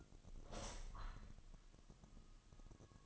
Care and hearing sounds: daily activity, microphone in the room; open window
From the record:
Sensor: 4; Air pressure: 1005.6 hPa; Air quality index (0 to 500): 91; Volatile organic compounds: 2 ppm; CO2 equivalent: 1114 ppm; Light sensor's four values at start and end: 13/29/11/11 and 13/29/11/11

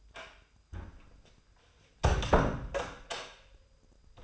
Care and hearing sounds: daily activity, microphone in the room; close door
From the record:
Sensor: 2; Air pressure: 996.0 hPa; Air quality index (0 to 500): 36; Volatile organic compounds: 1 ppm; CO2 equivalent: 642 ppm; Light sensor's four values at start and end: 12/27/12/12 and 11/27/11/12

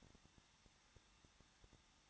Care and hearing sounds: daily activity, microphone in the room; no activity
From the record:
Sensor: 3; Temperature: 21.2 degrees Celsius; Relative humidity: 36.3%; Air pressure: 1006.3 hPa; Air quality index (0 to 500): 223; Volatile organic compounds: 42 ppm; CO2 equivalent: 3179 ppm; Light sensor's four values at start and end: 2/3/2/2 and 2/3/2/2

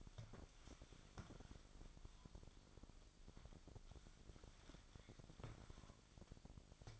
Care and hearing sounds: daily activity, microphone in the room; wipe stove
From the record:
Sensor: 5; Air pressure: 1001.7 hPa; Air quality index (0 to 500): 174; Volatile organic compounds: 10 ppm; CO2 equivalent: 2238 ppm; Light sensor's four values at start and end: 23/81/30/31 and 23/78/29/30

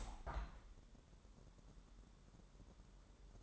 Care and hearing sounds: daily activity, microphone in the room; open window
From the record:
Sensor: 3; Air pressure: 1000.3 hPa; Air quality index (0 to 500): 244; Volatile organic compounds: 156 ppm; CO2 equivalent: 4047 ppm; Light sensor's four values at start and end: 10/23/9/9 and 10/25/10/10

